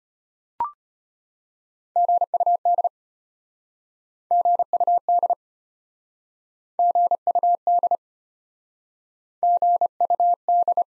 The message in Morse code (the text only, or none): GUD GUD GUD GUD